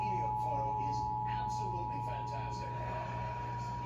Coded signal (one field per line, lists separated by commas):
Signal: Emergency Alert System (SAME) tones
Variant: 853 and 960 Hz attention tone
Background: speech